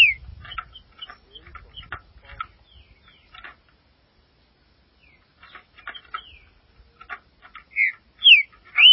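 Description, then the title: Green-winged saltator song: quiet scratchy chatter and a pause, then three loud slurred whistles near the end. "Trinca Ferro"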